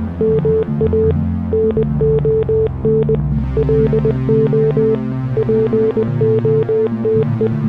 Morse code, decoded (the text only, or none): MA NON LO POTE